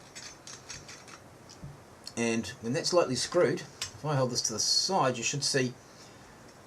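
The threaded stem of a hookah pipe is screwed down lightly by hand onto its base, before it is tightened. Brief thread and handling taps sound near 0.5 and 1.5 s, then someone talks. Nothing has clicked into place yet; the parts only start clicking later as the stem is tightened.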